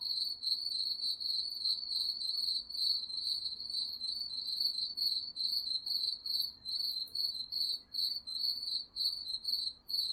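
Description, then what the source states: Crickets give dense, high-pitched pulsed chirps with little pause, with fainter very high chirps layered above. Crickets chirping at night.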